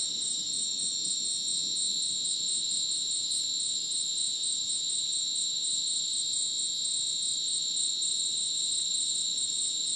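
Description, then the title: Crickets singing a constant shrill, whistle-like drone on several high pitches. Dense rainforest at Ucumari, Madidi National Park, Bolivia, after sunset; very dense insect chorus like a polyrhythmic electronic concert; AT BP4029 microphone, MixPre 6 recorder. "Madidi National Park, Ucumari, Bolivia - Supersonic Crickets in the rainforest"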